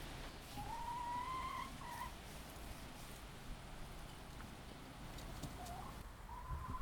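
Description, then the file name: Chicken: hens give a few long, slightly rising whistled whines, early and near the end, with a quiet rumbling background throughout. Laying hens kept by the recordist's grandmother. "Kury nioski babci"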